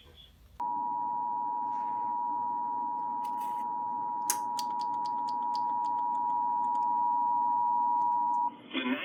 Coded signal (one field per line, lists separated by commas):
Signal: Emergency Alert System (SAME) tones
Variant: 853 and 960 Hz attention tone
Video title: Unexpected captures from 6/25/20 EAS# 102-107